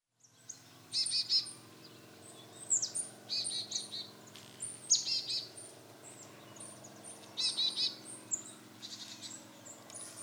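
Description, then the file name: Marsh tit calls: bright high chirps and quick descending notes in short bursts, some with lower rattling buzz, spaced irregularly throughout over steady low background hum. "Poecile palustris"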